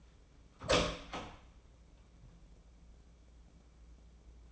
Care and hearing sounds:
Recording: daily activity, microphone in the room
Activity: open door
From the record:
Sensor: 1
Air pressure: 1012.4 hPa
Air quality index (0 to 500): 166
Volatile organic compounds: 3 ppm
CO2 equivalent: 1368 ppm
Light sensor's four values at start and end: 579/1338/596/707 and 586/1353/604/717

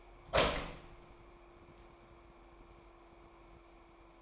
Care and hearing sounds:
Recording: daily activity, microphone in the room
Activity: open door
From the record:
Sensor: 1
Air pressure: 998.4 hPa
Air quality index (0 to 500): 127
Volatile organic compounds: 3 ppm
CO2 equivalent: 1516 ppm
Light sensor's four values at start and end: 19/64/25/26 and 20/64/26/26

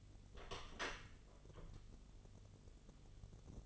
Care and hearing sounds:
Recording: daily activity, microphone in the room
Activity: open door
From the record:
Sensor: 4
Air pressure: 1016.0 hPa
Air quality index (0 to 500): 210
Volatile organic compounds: 13 ppm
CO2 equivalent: 2398 ppm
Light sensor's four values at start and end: 9/20/8/7 and 9/20/8/7

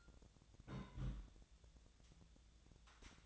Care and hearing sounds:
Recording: daily activity, microphone in the room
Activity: place on stove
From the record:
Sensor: 3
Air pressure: 1000.0 hPa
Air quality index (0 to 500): 126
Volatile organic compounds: 2 ppm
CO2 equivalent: 1129 ppm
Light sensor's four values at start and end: 45/112/48/53 and 44/112/48/53

